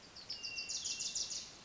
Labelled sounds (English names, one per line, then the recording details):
Wilson's Warbler
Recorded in Sonoma County, California